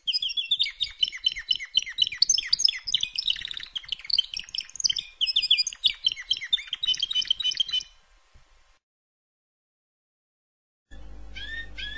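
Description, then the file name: Canary song of rapid, varied chirps and rolling trills for about eight seconds, then silence, followed by a short burst of high notes. "Canary Voice"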